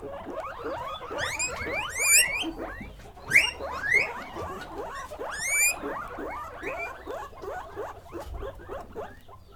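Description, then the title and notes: Guinea pigs squealing, a steady stream of short rising squeaks broken by several loud, shrill whistled bursts. Guinea pig (cuy) pen, during a sound residency on traditional kitchens in Pujilí, Ecuador, 2019. "Yanuna_Paisajes. CORRAL_CUY. Sonidos grabados durante la residencia "Yanuna de sonidos, Laboratorio de experimentación y creación sonora alrededor de las cocinas tradicionales de Pujilí." en Pujilí - Ecuador 2019"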